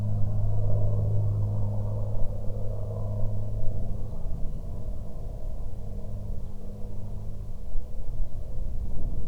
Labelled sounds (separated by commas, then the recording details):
aircraft
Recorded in the Prudhoe Bay oil fields, Alaska, on 15 June 2019 at 10:28
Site 16